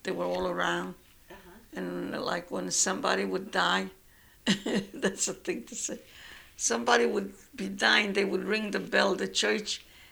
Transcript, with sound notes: They were all around. And, like, when somebody would die... ( she laughs ) That's a thing to say. Somebody would be dying, they would ring the bell, the church.